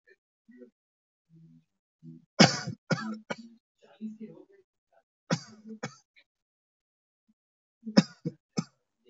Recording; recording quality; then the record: heavy voluntary cough; excellent, no background noise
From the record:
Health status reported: healthy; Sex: male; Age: 24 years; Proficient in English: yes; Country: India